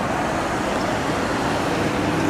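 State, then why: Not seated. A side marker light is being fitted into a car fender: the socket has been put back on and the side marker assembly is lined up before being pushed in firmly. Steady vehicle and traffic noise fills the clip, with no distinct click; nothing has seated or clicked yet.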